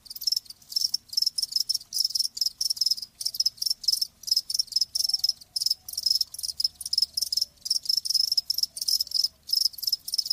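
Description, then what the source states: Cricket chirping loudly and shrilly in rhythmic bursts that continue throughout. Live crickets, presented as a sleep sound.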